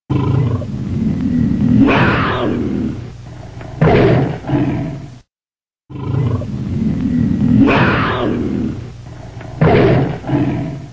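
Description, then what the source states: Tiger growling: a long, rumbling low growl swelling into a roar, then a short harsh snarl; the sequence repeats after a brief silence. Angry tiger.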